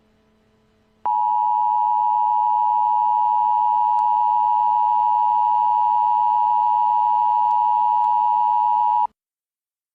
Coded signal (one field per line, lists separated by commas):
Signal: Emergency Alert System (SAME) tones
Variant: 853 and 960 Hz attention tone